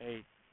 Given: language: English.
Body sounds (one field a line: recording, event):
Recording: throat vibration sensor signal played as sound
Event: speech